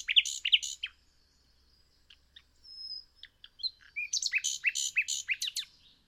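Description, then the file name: Common nightingale song opening with loud harsh notes, then a pause with a single pure drawn-out whistle, followed by a dense run of rapid repeated notes; faint low hum beneath. "Luscinia megarhynchos"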